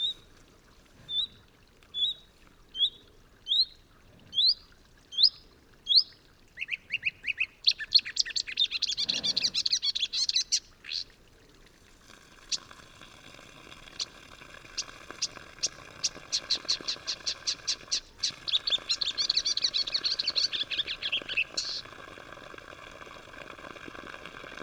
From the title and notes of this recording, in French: Vercors - Nagra seven - mkh40. Elle viennent juste d'arriver les Rousserolles verderolles (Acrocephalus palustris) . Elles sont ici dans le Vercors à la limite sud de leur distribution et arrivent tard en saison.